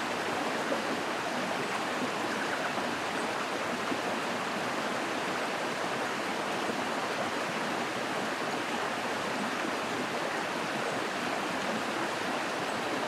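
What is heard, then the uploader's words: A mountain stream rushes steadily over rocks, a dense, even hiss of falling water with no breaks from start to finish. The sound is bright, with a softer low churn underneath and no other sounds rising above it. Forest River Nature Sounds-Mountain Stream Waterfall.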